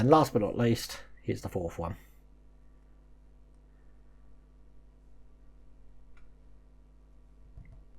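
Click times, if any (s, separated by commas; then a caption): none. Someone talks while handling the fourth plastic ignition coil for a 1:8 scale model Ferrari F40 Competizione engine, lining it up with the plastic left cylinder head cover. After the talk ends, only a faint hum and two very small ticks are heard. Nothing has seated or clicked yet.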